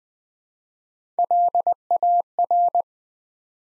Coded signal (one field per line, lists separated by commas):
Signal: Morse code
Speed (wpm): 20 wpm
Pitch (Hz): 700 Hz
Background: none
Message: LAR